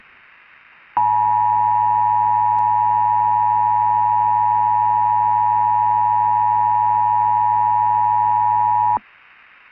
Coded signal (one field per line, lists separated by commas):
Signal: Emergency Alert System (SAME) tones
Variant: 853 and 960 Hz attention tone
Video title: Faceless - An EAS Scenario